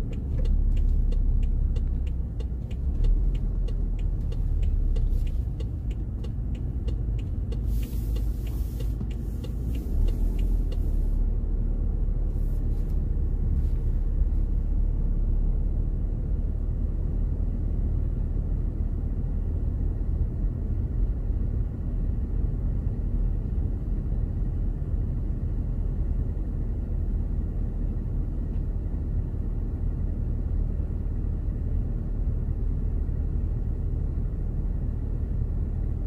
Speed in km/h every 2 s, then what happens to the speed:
19, 15, 13, 10, 13, 14, 13, 14, 14, 15, 15, 14, 14, 15, 15, 16, 15, 14.
0-6 slows to 10. 6-36 steady at about 14.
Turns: 2-7.